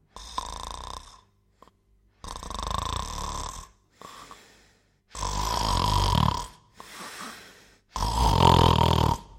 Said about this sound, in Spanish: Extrañado, el cazador se preguntó: ¿cómo puede roncar tan fuerte una ancianita?